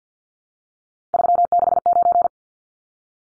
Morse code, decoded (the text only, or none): 369